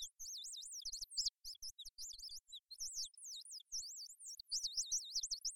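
Bird song: rapid, sweet twittering of swooping, looping high whistled notes in quick bursts with brief pauses, plus faint low knocks.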